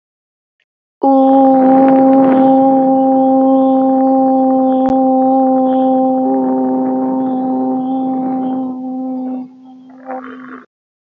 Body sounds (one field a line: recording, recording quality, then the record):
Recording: sustained vowel as in boot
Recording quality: excellent, no background noise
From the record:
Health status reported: COVID-19 positive, no symptoms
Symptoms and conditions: none ticked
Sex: female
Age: 20 years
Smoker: not ticked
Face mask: not worn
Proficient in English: yes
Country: India